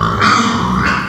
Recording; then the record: squeal of a Yucatan mini pig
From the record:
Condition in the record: after surgery on the right vocal fold (resection and tissue-engineered implant); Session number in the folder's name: 15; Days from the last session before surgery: 175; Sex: female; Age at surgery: 19 weeks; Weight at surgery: 25 kg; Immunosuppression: prednisolone